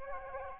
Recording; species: mosquito wingbeat signal from an infrared sensor; Aedes albopictus